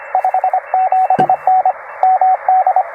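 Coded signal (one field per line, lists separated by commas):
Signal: Morse code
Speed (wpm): 23 wpm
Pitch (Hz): 690 Hz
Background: radio noise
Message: 57N MD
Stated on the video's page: POTA activation CW from a Penntek TR-45L with two 31-foot wires, sent with a Begali Traveler paddle.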